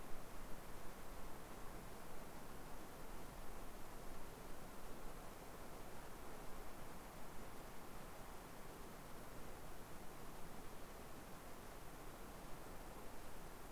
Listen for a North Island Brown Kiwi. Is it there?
no